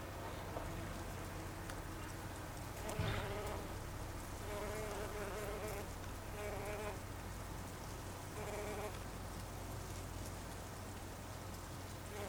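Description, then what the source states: Bumblebee buzz, a low drone with brief brighter whining bursts every couple of seconds and a short thud early on. Recorded 26 August 2012.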